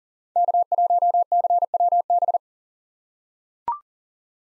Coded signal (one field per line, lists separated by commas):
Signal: Morse code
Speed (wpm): 38 wpm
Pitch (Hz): 700 Hz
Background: none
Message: K1CWB